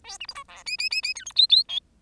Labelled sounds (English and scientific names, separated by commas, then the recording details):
Bengalese Finch (Lonchura striata domestica) song
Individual Bird10